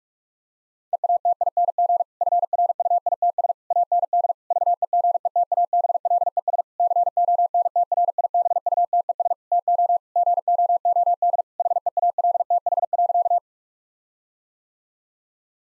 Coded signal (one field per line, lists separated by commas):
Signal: Morse code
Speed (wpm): 43 wpm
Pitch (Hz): 700 Hz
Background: none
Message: EATING FRUITS AND VEGETABLES CONTRIBUTES TO GOOD HEALTH.